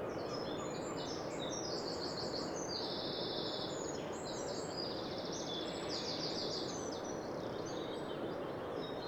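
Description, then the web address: Eurasian wren singing: a long run of high, buzzy trills and quick chattering notes over a steady, loud rushing noise. "SETE Troglodytes troglodytes"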